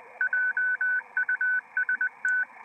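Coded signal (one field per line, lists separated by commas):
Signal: Morse code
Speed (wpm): 20 wpm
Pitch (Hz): 1500 Hz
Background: none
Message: JUST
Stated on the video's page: Reception on 472 kHz via a homebuilt transverter based on a published design.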